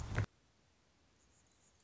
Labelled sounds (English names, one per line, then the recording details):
Anna's Hummingbird
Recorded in Sonoma County, California